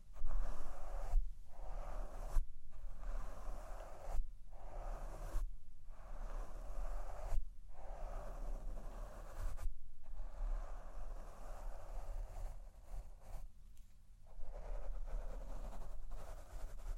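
Mic brushing fills the clip with a continuous scratchy rustle, broken by brief dips and low thumps every second or two.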